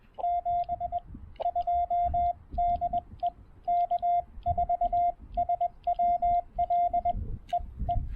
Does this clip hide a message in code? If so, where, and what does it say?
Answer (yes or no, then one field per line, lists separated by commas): yes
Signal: Morse code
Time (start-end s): 0.2-7.9 s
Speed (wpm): 20 wpm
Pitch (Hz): 700 Hz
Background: radio noise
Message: 72 DE K4SWL EE